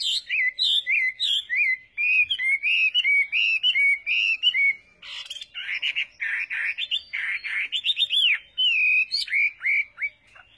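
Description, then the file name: Chinese hwamei song: series of repeated clear whistled notes, then a burst of harsher and more varied phrases before the whistling resumes. "Tieng hoa mi hot"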